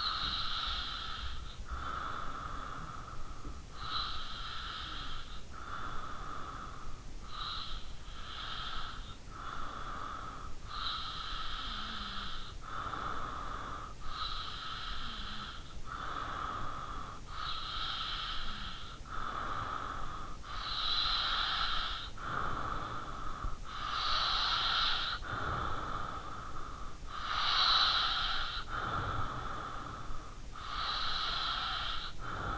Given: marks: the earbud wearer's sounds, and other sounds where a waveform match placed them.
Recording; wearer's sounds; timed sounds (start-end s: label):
sounds in sleep by an in-ear microphone; breath
0.00-32.58 s: breath